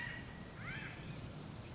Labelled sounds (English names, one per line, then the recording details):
California Quail
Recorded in Sonoma County, California